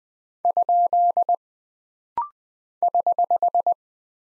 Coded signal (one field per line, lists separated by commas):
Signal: Morse code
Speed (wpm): 20 wpm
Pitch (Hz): 700 Hz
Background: none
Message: ? <HH>